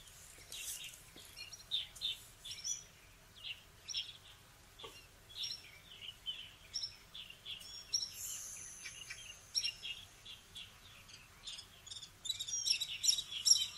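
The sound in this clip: Birds chirping in a busy mix of short high notes, calls coming several times a second, with a soft hiss underneath.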